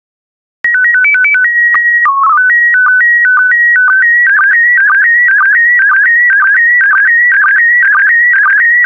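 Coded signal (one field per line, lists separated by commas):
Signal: SSTV (slow-scan television)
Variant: PD 120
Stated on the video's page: PD120-mode SSTV images generated as practice decoding material, with stock photos and synthetic audio prompts.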